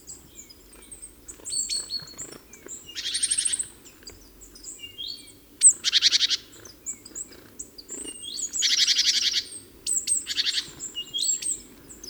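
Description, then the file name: Great tit churring: several harsh buzzy rattles mixed with thin high chirps, coming in irregular bursts. "Parus major"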